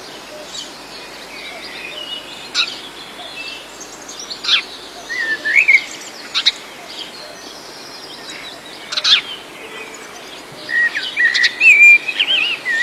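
Birds call from the trees in a quiet village setting, with scattered chirps and short whistled phrases. Sharp bright calls land every couple of seconds, thickening into a busier run of twittering near the end, over a soft, steady outdoor hush.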